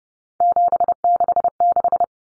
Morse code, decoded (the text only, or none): 766